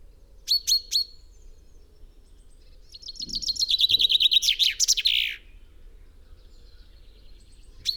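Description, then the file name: Common chaffinch: a few sharp call notes, then one full song phrase of fast falling chips ending in a flourish, with brief low thumps. "Fringilla coelebs"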